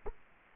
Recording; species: mosquito wingbeat signal from an infrared sensor; Culex quinquefasciatus